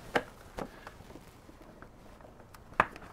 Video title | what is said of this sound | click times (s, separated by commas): 84-17 Softail Swingarm Bearing Replacement | and uh try to get the top to snap in first there it goes | 2.8 s